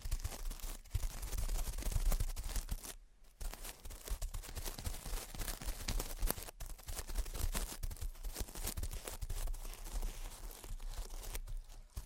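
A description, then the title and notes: Gentle tapping and scratching runs almost without a break, a dense, irregular mix of soft taps and crinkly, papery scrapes that reach into bright hiss. A steady low rumble sits underneath. Short silent gaps fall near three seconds and again around six and eleven seconds. Gentle Tapping and Scratching. (No Talking).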